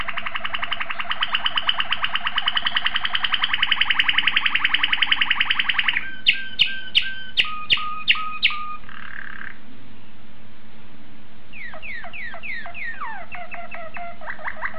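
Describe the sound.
Domestic canary song: a long, fast, even trill of repeated notes, then spaced slurred whistles and a buzzy phrase, ending in quick sweeping and rattling trills.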